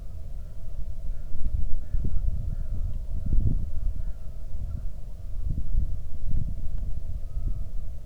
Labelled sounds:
bird
wind
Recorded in the Arctic National Wildlife Refuge, Alaska, on 3 August 2019 at 10:07
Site 46

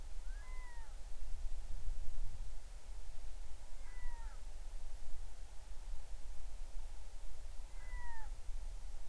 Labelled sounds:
bird
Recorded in the Arctic National Wildlife Refuge, Alaska, on 20 July 2019 at 02:59
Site 38

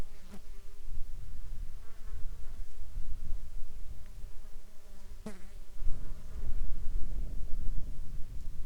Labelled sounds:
insects
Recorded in the Arctic National Wildlife Refuge, Alaska, on 27 July 2021 at 18:15
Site 35

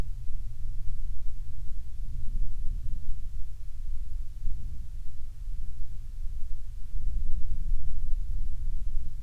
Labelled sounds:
wind
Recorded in the Prudhoe Bay oil fields, Alaska, on 30 June 2019 at 00:30
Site 22

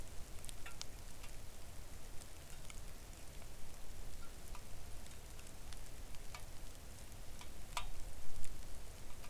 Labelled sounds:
rain
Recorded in the Arctic National Wildlife Refuge, Alaska, on 3 August 2019 at 05:51
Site 41

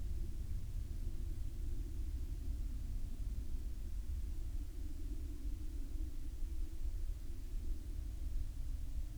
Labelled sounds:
aircraft
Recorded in the Prudhoe Bay oil fields, Alaska, on 6 August 2019 at 14:47
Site 13

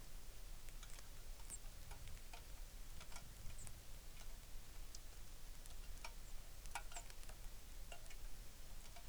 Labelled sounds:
songbird
rain
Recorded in the Arctic National Wildlife Refuge, Alaska, on 3 August 2019
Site 33

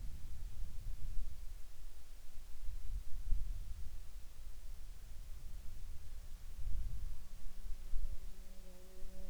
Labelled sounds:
insects
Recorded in the Arctic National Wildlife Refuge, Alaska, on 9 June 2019 at 17:50
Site 43

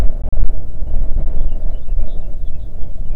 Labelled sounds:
songbird
wind
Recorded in the Arctic National Wildlife Refuge, Alaska, on 3 June 2019 at 05:23
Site 37

